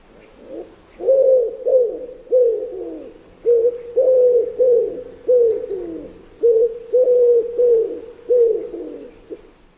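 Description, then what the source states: Common Wood Pigeon cooing: deep, soft, hollow coos in a repeated rhythmic phrase, several notes grouped with short pauses, repeating for nearly ten seconds. Deep, soft cooing like a repeated 'ruhu, ruhu' with five repetitions, read as 'nur Buße tut gut'; often heard long before seen.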